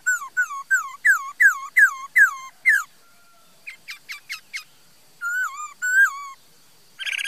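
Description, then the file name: Laughingthrush giving a string of about eight loud falling whistles, then softer sharp notes, two drawn-out whistles and a closing harsh burst. "Tieng khuou hot"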